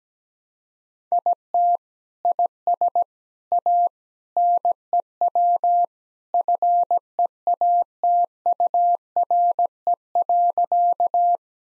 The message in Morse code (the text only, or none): IT IS A NEW FEATURE.